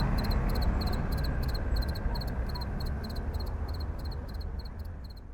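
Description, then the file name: Cricket chirping: short high pulsed chirps repeated about three times a second, steady throughout, against loud constant low rumbling noise. Sergiyev Posad, 9 May 2009. "cricket-sergiyevposad-090509"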